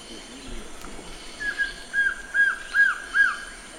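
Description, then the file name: Collared trogon song of five mellow notes repeated steadily, over a faint constant high-pitched hum. "Canto do surucua de coleira"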